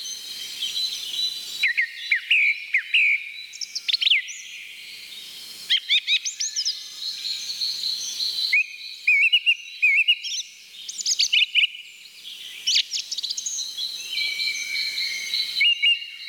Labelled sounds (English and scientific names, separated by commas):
Song Thrush (Turdus philomelos) song